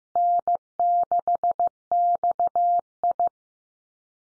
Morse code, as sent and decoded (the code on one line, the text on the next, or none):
-. -.... -..- ..
N6XI